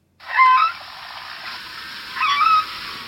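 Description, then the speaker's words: Whale calf sounds: two short wavering squeaky cries about two seconds apart, slightly rising and falling, over a quiet hiss. Whale calf, probably about one week old, making its first attempts at song, recorded off Madagascar during a mother-calf interaction study; whales learn to sing from birth. "un très bref son que vous avez enregistré, Olivier Adam, justement, des premières tentatives de chant d'un baleineau."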